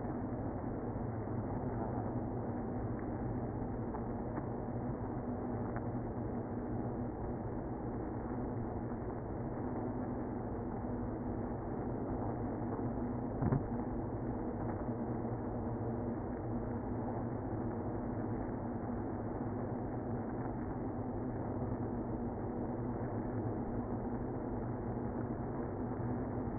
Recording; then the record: honeybee colony, microphone inside the hive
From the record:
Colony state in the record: queenless (queen removed); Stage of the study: after two queens were removed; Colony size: about 60,000 bees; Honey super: yes